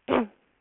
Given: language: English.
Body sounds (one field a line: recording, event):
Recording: throat vibration sensor signal played as sound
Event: throat clearing